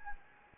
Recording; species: mosquito wingbeat signal from an infrared sensor; Anopheles gambiae